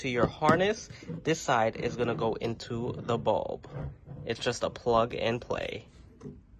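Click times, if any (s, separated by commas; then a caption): none. Someone talks while handling an anti-flicker adapter's plastic plug, positioning it to push onto the connector of an Auxito H13/9008 LED headlight bulb for a 2011 Ford Mustang. The plug is not yet home, and nothing has seated or clicked yet.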